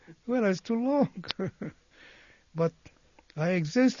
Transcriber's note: he laughs